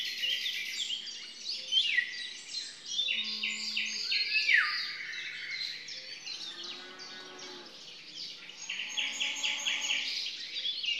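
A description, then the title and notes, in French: A Eurasian golden oriole's fluty whistle rises from a dense, unbroken chorus of high chirping birds, with a brief low hum near the middle. Dans un petit bois bordant la plaine de Marsal près de Dieuze un Loriot d'Europe (Oriolus oriolus) lance son sifflet agréable. Autour toute une ambiance de campagne est installée et le Rossignol en second plan est aussi très locace. Un loriot dans le bois.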